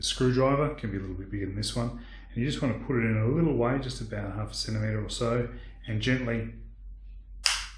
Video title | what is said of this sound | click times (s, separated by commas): DermLite 2 - Changing the Side Panels | pop it up until you hear a click | 7.5 s